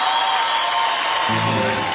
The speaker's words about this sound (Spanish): ¡Fuerte el aplauso para los muchachos! ¡Vamos!